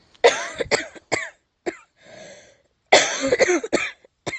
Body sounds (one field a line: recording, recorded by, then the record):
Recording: voluntary cough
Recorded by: messaging app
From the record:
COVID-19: negative